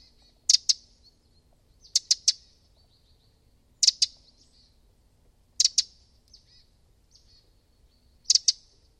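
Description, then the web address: Bird calling in short bursts of two or three crisp high-pitched chirps, repeated every couple of seconds. "Deverinetal 2025 File origin Bird Only"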